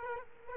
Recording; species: mosquito wingbeat signal from an infrared sensor; Culex quinquefasciatus